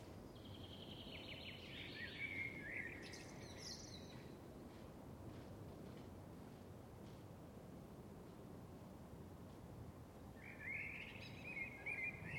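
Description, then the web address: Birds giving brief bursts of high chirps at the start and again near the end, separated by a stretch of continuous low rumbling background noise. Birds on a summer evening, with a plane in the background. "Lynne Music 2 Birds-Summer-Evening-Plane"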